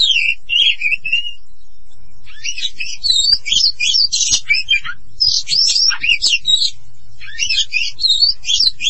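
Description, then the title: Oriental magpie-robin singing, opening with slurred whistles, then a short gap followed by fast jumbled scratchy phrases and bright whistled notes repeated to the end. "Kacer"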